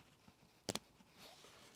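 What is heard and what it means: A crimped AMP SuperSeal terminal pin is pushed back into a sealed plastic automotive connector housing, held close to the microphone. Two sharp locking clicks are heard at about 0.7 s and 0.8 s over quiet background noise, and the pin is seated.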